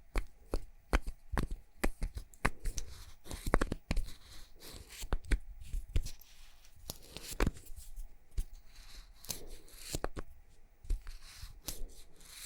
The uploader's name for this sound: ASMR Makeup Triggers For Sleep Tapping, Scratching